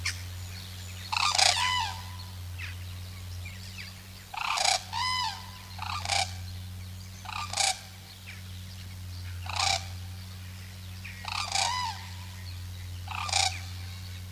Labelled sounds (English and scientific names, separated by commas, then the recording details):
White-naped Crane (Grus vipio) call
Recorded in captivity
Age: adult
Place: Zoo Münster, Nordrhein-Westfalen, DE
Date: 1988-10-04 13:58
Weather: bedeckt, 14°C
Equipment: Sony WM-D6C, Kopie Uher
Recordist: Tembrock, Günter